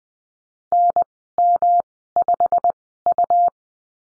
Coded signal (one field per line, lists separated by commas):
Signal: Morse code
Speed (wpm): 19 wpm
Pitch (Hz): 700 Hz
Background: none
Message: NM5U